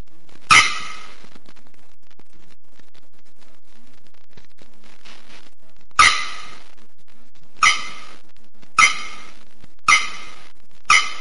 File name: Canto da araponga do nordeste